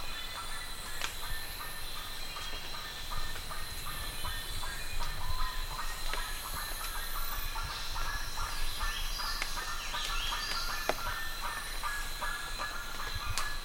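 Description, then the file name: Bird calls repeated in a long, even series of short harmonic notes, with a continuous high tone and faint chirps above. "SABIOD 50 bird 2015"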